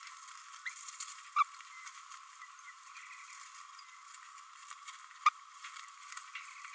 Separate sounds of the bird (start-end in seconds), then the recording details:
1.36-1.43, 5.25-5.29. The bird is a female. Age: 27 days. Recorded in a nest box in Venezuela. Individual 17B32A5